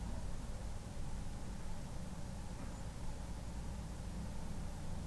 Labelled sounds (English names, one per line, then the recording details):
none
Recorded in France